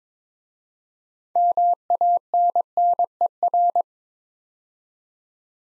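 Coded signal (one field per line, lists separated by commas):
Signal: Morse code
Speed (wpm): 22 wpm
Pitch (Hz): 700 Hz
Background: none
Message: MANNER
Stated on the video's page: Morse code practice at 22 wpm: six-letter words for head-copy, each sent twice, aimed at instant character recognition.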